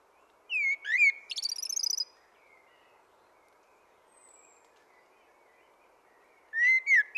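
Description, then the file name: Common blackbird song: fluted whistles followed by a rapid high chittering trill, a long quiet gap, then another mellow whistled phrase. "Turdus merula"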